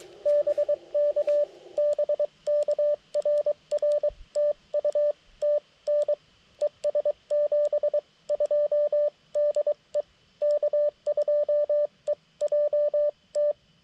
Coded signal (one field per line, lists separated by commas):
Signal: Morse code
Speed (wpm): 22 wpm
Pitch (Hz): 590 Hz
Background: radio noise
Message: BK BK RR TU TN ES 72 DE K2EJT